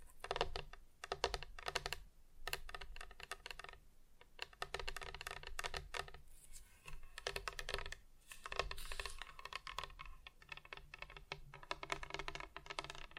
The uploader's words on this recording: ASMR Just Tapping (Different Surfaces No Talking).